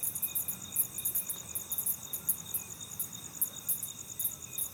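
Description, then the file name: Cricket giving clipped high chirps in uneven bursts of pulses, with a steady thin whine and quiet background. "grillo"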